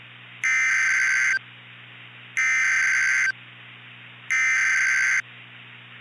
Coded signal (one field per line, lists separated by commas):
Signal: Emergency Alert System (SAME) tones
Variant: header bursts